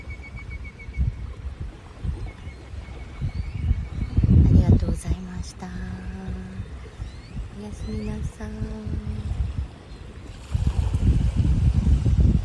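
Water splashes and washes at the shoreline in a low, steady rumble, swelling into louder surges around four seconds and again from ten seconds to the end. In the middle, short, clear tonal calls repeat, and a faint high ringing tone lingers early on.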